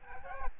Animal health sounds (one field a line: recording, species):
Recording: mosquito wingbeat signal from an infrared sensor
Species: Aedes albopictus